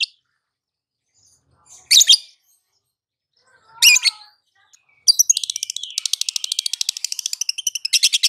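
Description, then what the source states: Lovebird starts with two harsh, rasping squawks, then breaks into a rapid, sustained chattering trill of high chirps for the last three seconds. Konslet-style lovebird song, used for training other birds.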